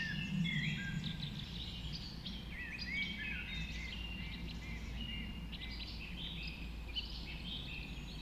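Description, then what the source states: Birds in a dawn chorus, many short whistled and chirping phrases overlapping, with a strong low rumble underneath. Dawn chorus just after dawn in the Forest of Dean.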